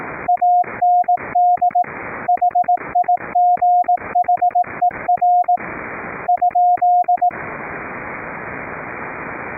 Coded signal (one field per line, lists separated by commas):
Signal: Morse code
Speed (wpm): 18 wpm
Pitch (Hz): 710 Hz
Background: radio noise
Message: AND HIGHER ?